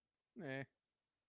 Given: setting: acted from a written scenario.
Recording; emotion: vocal sound without words; neutral